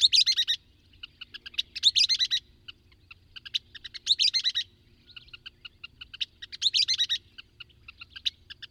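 Bird singing: bright, rapid high-pitched bursts recur about every two to three seconds, linked by softer clicking notes, with a low steady hum underneath.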